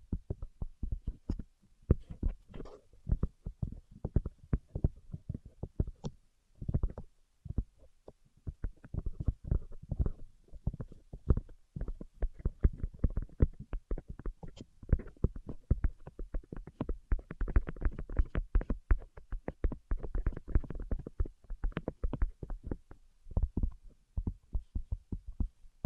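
Rapid tapping runs through the whole 26 seconds, dense clusters of short dull knocks with a deep thump to each. A brief gap comes around seven seconds, and after about seventeen seconds the taps grow brighter and more crowded before easing slightly toward the end.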